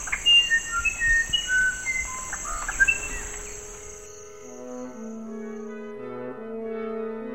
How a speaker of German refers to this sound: Das ist das Original. Und beim zweiten Mal lässt der Vogel in der Mitte einfach eine Note aus.